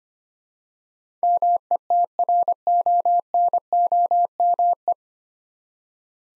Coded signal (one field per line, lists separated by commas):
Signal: Morse code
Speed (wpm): 25 wpm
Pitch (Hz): 700 Hz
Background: none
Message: METRONOME